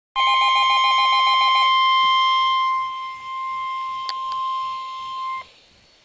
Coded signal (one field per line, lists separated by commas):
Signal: Emergency Alert System (SAME) tones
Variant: 1050 Hz attention tone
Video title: NOAA - Real EAS #4